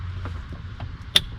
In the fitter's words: Click. That sounds great.